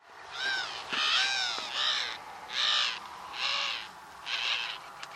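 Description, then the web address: Bird giving harsh, hoarse cawing calls, six loud caws in a row, roughly one every second. "cianscape. Deverinetal 2025. Bird Only"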